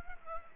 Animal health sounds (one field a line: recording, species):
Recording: mosquito wingbeat signal from an infrared sensor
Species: Culex pipiens